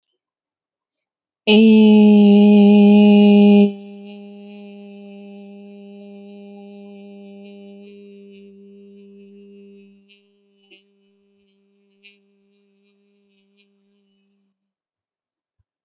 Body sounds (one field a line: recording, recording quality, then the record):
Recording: sustained vowel as in made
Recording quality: excellent, no background noise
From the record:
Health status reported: healthy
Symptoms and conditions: none ticked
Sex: female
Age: 25 years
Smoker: not ticked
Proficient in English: yes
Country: India